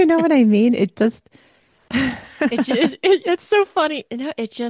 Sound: laughs

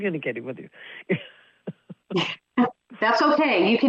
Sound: laughs

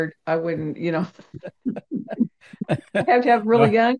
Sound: laughs

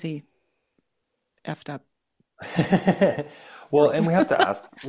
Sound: laughs

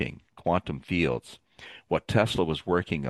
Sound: none

